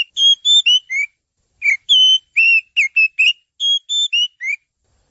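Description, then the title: Oriental magpie-robin song: clear whistled notes, some steady and some sliding down, delivered in short phrases separated by brief pauses. Champion bird's song. "Kicau Burung Kacer Juara"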